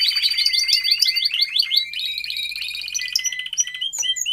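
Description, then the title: Domestic canary giving quick slurred rising notes in a fast series, followed by a softer rolling trill. Belgian canary male singing a lot, used for training and warming up young canaries. "Esquente Seu Filhote E Canario Belga Em 30 Minutos Macho Cantando Muito"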